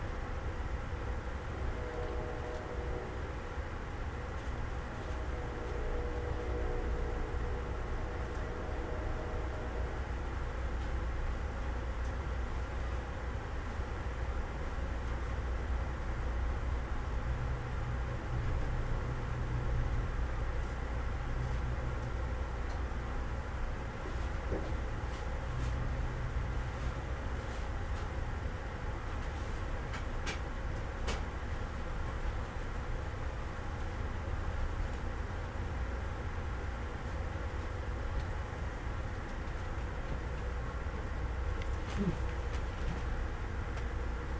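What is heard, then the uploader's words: A train ride heard from on board, with a steady low rumble and rolling hum that stays even throughout. Faint murmurs like talking surface now and then, and brief clicks and rattles land around the 30-second mark and near the end. Train Ride From Tampa To Ft.Lauderdale. Ambient Sounds, Train Sounds, White Noise, Talking.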